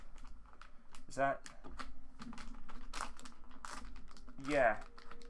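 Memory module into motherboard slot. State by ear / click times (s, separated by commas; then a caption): not seated / none. A memory module is handled at its motherboard slot, with small taps, plastic knocks and rustling throughout while someone talks. Nothing has seated or clicked yet by the end of the clip.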